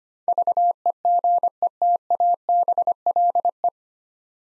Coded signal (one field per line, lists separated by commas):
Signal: Morse code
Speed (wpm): 25 wpm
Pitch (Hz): 700 Hz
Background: none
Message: VEGETABLE